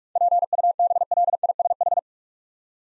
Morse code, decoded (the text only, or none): PUBLISH